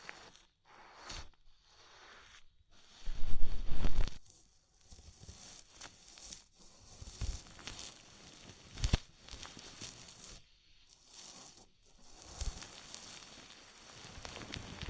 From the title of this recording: Oil, Foam and Tingly Ear Massage